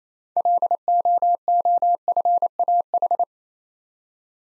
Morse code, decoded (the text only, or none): LOOFAH